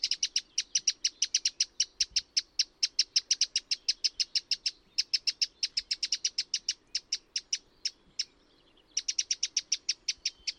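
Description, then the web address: Bird giving a long run of sharp, high, ticking notes at a steady quick pace, briefly pausing before resuming the same rapid rhythm; soft low background hum. "cianscape birddata Deverinetal 2025"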